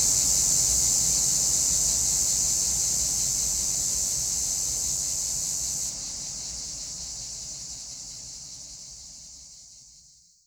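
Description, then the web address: Cicada buzz, a high shrill drone that drops abruptly in strength midway and then fades out to silence. "Nature Sounds – Nature Chill Out 2014. Sounds from a Rnewood Cicadas"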